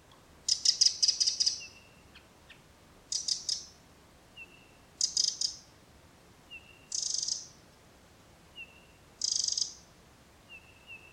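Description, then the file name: Eurasian wren giving clusters of sharp ticking notes and buzzy rattles, repeated every couple of seconds, with thin whistled notes in between. "Troglodytes troglodytes"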